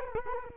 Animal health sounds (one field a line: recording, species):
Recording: mosquito wingbeat signal from an infrared sensor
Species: Culex quinquefasciatus